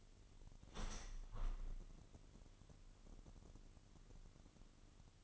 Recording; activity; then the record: daily activity, microphone in the room; open window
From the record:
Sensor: 4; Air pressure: 998.8 hPa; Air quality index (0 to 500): 114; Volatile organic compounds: 2 ppm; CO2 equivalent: 1115 ppm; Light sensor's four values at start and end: 10/24/9/10 and 10/24/9/10